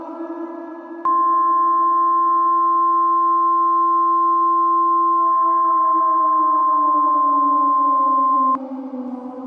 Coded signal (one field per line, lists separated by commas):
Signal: Emergency Alert System (SAME) tones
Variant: 1050 Hz attention tone